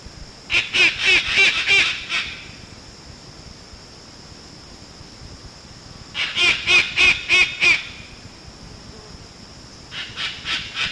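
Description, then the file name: White cockatoo calling in three bouts of fast, harsh, nasal notes, each run of several calls, with long gaps between them. "Cacatuaalba"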